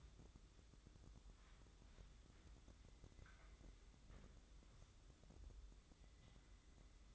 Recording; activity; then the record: daily activity, microphone in the room; wipe stove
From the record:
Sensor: 3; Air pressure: 996.1 hPa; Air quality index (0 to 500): 91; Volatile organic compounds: 11 ppm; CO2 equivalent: 2266 ppm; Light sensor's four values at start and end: 26/81/34/28 and 26/81/33/28